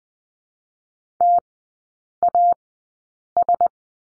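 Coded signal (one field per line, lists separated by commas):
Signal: Morse code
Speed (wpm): 20 wpm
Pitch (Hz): 700 Hz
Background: none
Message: TAS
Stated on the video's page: Morse course lesson on the letter H in three-character groups at Farnsworth speed 20/10 wpm.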